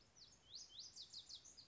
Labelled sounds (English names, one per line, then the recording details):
Lazuli Bunting
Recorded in Sonoma County, California